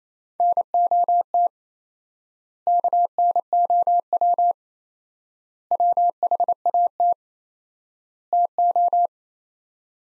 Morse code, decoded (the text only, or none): NOT KNOW WHAT TO